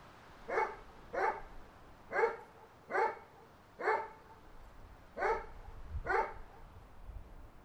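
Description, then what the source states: Dog barking repeatedly, several barks in a loose rhythm over low background noise. More than one dog in the recording.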